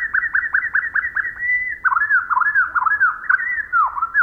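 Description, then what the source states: Pacific Wren song slowed down: a quick run of repeated downslurred whistles, then a smooth high note and a series of swooping, slurred phrases. Song slowed to quarter speed; Pacific wrens may hear each other's songs this way, enabling them to imitate each other.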